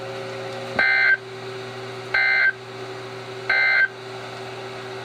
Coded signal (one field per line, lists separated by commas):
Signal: Emergency Alert System (SAME) tones